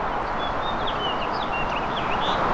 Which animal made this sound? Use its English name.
House Finch